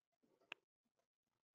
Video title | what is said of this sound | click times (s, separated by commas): 2011-18 Jeep Wrangler Backup Camera Install with Stock Radio Pt.2 | when you push it in you'll hear it click | 0.5 s